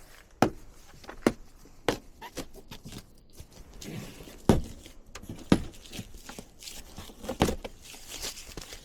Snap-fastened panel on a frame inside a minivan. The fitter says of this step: I'm actually going to pop this out so it's out of the way.